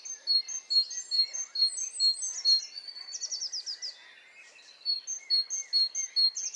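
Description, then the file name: Great tit calling with a steady series of short high notes, about two per second, broken by a quick rattling phrase and a short quiet gap. "Parus major"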